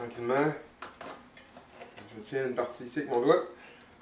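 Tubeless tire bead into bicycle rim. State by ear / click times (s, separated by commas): not seated / none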